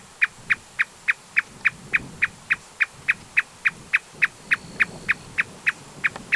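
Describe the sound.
Marsh Tapaculo giving evenly spaced clipped notes, roughly three and a half per second, in an unbroken monotonous run over soft background noise.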